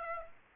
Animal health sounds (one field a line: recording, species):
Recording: mosquito wingbeat signal from an infrared sensor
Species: Aedes aegypti